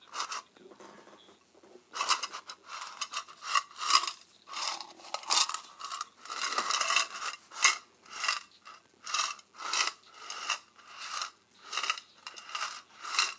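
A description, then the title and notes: Paperclips and safety pins are handled, making a run of small metallic scrapes, rubs and clicks. The sounds come in short bright bursts roughly once a second, fairly regular after a quieter first two seconds, with nothing in the low end and no background sounds. ASMR Paperclips and Safety Pins.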